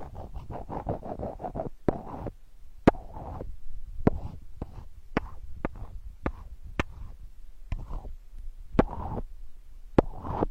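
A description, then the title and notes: Sandalwood tapping, a series of sharp, bright clicks arriving irregularly about once or twice a second across the whole stretch. Between the taps come soft, rough brushing or rubbing bursts with a low, muffled body, rising and fading in short patches. Healing sandalwood tapping experience SPA.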